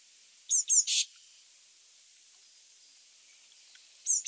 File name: Cyanistes caeruleus